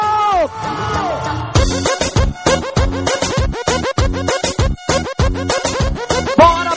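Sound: crowd shouting loudly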